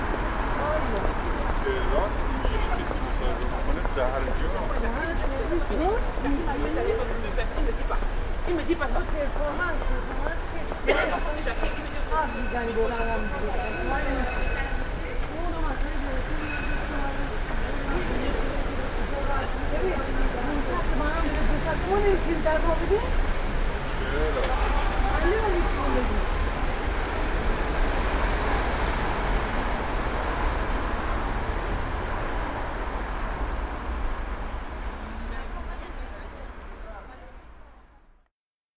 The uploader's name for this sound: Paris, Place Saint - Sulpice